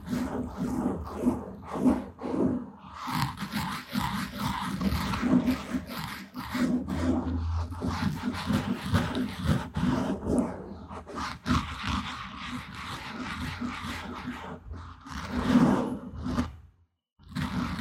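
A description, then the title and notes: Wet mouth sounds and scratchy rubbing against a microphone fill the clip, with dense crackly bursts and low thumps throughout. Short sharp taps recur irregularly, and a steady low hum runs underneath. Near the end the noise briefly drops to near silence. Mouth Sounds, Mic Scratching, Wood Tapping.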